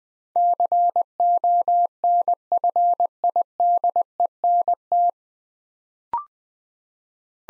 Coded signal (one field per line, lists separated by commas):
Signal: Morse code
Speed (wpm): 21 wpm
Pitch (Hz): 700 Hz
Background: none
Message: CONFIDENT